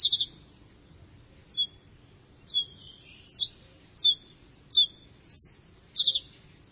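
Bird chirping, a series of brief high notes at roughly half-second to one-second spacing, above soft low background noise.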